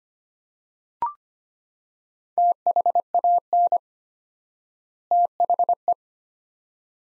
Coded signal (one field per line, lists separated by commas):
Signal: Morse code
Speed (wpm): 25 wpm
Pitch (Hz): 700 Hz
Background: none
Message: THAN THE